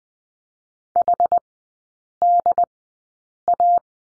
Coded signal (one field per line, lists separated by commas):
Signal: Morse code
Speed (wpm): 20 wpm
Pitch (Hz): 700 Hz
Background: none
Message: HDA